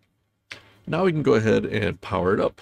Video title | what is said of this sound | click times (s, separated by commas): Wyze Cam V3 Thingino No Tools Installer Update! Easier! Safer! Faster! Taller! | direction it only goes in one way and push it until it clicks | 0.5 s